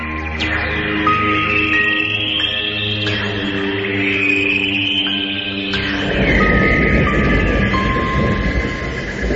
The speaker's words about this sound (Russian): Поезд стоял уже полчаса. Временами гудел тепловоз, вагоны подергивались, но оставались на месте.